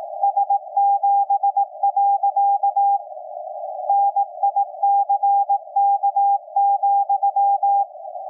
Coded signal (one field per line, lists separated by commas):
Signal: Morse code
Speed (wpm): 18 wpm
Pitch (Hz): 800 Hz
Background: none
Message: S7. NICK,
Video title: SDRplay RSPdx HDR mode on 160 meters SSB CW with MLA 30 Plus and W6LVP switching antenna